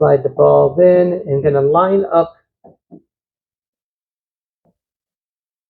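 Someone talks while sliding a headlight bulb into the headlight housing and lining its tabs up with the holes. Two light knocks follow at about 2.7 and 2.9 seconds as the bulb is positioned. Nothing has seated or clicked yet.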